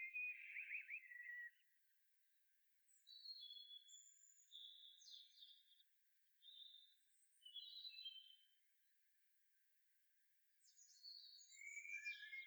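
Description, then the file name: Common blackbird singing softly: a short warbled phrase, then clusters of thin, high twittering notes separated by quiet gaps, and a final busy flurry. "Turdus merula"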